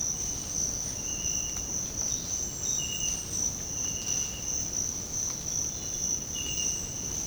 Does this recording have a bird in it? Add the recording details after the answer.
no. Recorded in secondary vegetation near Puerto Asís, Putumayo, Colombia, on 19 February 2024 at 06:30. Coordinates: 0.468, -76.324. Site G6381